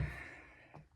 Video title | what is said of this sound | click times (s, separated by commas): Chinese Chicken Poop into Chicken Salad | that's snapped into place just like it should but these two | 0.8 s